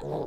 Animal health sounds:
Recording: pig call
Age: piglet (1 to 25 days)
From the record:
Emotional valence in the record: negative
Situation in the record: long isolation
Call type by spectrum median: low-frequency call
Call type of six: low-frequency stable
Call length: 0.28 s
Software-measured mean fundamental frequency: 52 Hz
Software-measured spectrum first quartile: 271 Hz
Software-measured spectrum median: 444 Hz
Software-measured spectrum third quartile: 626 Hz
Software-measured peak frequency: 455 Hz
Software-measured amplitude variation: 94 dB a second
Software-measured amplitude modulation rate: 30.9 a second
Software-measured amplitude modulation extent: 3.0 dB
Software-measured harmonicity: 0.7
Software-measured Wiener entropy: -0.30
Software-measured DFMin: 1034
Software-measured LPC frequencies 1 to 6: 463, 803, 3531, 4022, 4806, 6562 Hz

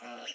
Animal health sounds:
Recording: pig call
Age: piglet (1 to 25 days)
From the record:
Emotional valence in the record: negative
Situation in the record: restrain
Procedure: in the arms of a person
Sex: female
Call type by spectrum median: low-frequency call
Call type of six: mixed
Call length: 0.35 s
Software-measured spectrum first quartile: 740 Hz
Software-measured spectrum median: 1997 Hz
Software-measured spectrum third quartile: 3196 Hz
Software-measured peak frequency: 2923 Hz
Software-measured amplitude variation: 106 dB a second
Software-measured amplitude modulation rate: 21.4 a second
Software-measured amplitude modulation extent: 4.9 dB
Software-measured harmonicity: 1.4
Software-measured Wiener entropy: -1.29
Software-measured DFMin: 751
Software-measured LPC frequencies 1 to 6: 656, 1412, 2887, 4071, 5816, 7289 Hz

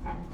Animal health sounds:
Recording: pig call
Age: growing-finishing pig (85 days or more)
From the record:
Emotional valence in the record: negative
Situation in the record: barren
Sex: female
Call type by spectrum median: low-frequency call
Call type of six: low-frequency stable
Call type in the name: low-frequency stable, not sure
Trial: 1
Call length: 0.33 s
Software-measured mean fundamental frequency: 44 Hz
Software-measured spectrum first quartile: 94 Hz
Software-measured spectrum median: 321 Hz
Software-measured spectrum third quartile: 865 Hz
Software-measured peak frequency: 54 Hz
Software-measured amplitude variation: 120 dB a second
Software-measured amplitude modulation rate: 31.4 a second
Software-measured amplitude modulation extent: 3.8 dB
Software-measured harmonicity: 1.5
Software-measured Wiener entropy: -0.95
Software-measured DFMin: 692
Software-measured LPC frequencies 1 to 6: 860, 1534, 2278, 3224, 4281, 5441 Hz

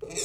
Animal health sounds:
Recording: pig call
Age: weaner (32 to 43 days)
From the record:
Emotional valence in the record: negative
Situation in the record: long isolation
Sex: female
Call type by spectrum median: high-frequency call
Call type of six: mixed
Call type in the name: high-frequency modulated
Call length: 0.25 s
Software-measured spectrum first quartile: 822 Hz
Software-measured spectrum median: 3982 Hz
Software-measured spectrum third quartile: 7090 Hz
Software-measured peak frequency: 423 Hz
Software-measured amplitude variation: 135 dB a second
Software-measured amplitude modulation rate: 24.1 a second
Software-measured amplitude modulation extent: 5.6 dB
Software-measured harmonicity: 4.1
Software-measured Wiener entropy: -3.16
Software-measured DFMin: 679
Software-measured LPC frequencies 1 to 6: 453, 2500, 3643, 4284, 5406, 7572 Hz

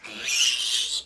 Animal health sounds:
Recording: pig call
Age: piglet (1 to 25 days)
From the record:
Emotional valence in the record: negative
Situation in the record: restrain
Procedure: sham castration, cut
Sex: male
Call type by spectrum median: high-frequency call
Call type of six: high-frequency modulated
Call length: 1.06 s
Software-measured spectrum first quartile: 3072 Hz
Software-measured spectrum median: 4123 Hz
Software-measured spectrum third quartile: 6287 Hz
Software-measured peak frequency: 2873 Hz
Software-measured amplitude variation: 119 dB a second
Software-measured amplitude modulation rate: 22.2 a second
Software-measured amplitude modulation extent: 5.3 dB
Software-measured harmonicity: 2.9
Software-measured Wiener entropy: -2.07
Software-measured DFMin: 1075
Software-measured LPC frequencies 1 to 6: 1581, 2975, 3696, 4945, 5696, 7582 Hz

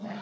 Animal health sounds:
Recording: pig call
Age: piglet (1 to 25 days)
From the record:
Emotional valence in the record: negative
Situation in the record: short isolation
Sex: male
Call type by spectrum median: low-frequency call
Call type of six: mixed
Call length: 0.22 s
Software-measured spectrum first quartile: 211 Hz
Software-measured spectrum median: 448 Hz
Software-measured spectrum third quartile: 1023 Hz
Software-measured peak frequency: 209 Hz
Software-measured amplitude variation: 100 dB a second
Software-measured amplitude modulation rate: 16.0 a second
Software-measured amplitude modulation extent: 6.3 dB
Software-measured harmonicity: 4.9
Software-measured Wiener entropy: -0.73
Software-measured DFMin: 517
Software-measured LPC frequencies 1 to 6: 691, 1833, 2767, 3640, 4453, 6163 Hz

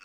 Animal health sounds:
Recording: pig call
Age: piglet (1 to 25 days)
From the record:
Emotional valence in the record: positive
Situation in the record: reunion after long isolation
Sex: female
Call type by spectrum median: high-frequency call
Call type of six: low-frequency tonal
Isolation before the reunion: 8 minutes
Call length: 0.05 s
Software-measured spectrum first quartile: 1456 Hz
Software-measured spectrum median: 2435 Hz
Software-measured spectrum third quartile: 3294 Hz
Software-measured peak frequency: 2594 Hz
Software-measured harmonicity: 2.7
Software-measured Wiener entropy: -1.27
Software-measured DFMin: 1036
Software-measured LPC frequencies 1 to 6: 1376, 2620, 4543, 5490, 6460, 7762 Hz

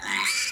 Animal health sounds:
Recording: pig call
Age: piglet (1 to 25 days)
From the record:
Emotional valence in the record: negative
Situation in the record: restrain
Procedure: sham castration, fixation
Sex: male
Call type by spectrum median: high-frequency call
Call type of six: low-frequency tonal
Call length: 0.52 s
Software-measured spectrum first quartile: 2023 Hz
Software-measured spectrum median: 3321 Hz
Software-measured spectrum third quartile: 5885 Hz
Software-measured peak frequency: 2344 Hz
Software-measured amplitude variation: 112 dB a second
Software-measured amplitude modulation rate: 22.3 a second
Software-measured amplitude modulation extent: 5.0 dB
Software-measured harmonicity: 2.5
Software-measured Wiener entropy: -2.06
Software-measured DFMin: 898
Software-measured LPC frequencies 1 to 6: 1019, 2260, 3910, 4709, 6114, 7060 Hz

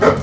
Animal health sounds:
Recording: pig call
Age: growing-finishing pig (85 days or more)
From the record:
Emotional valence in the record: positive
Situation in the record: run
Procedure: transit

